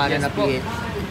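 A helmet lock latch mounted on a motorcycle is handled with its key while someone talks over faint background noise. No click is heard, and the lock has not yet clicked shut or seated.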